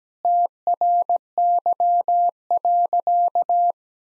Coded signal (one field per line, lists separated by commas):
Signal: Morse code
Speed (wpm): 17 wpm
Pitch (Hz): 700 Hz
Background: none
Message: TRY.